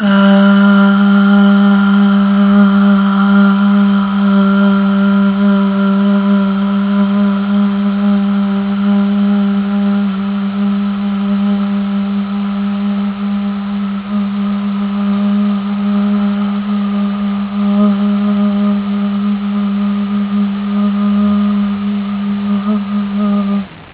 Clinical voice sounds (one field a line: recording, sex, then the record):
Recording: sustained vowel /a/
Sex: female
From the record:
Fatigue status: fatigue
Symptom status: symptomatic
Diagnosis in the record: COVID-19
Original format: 3gp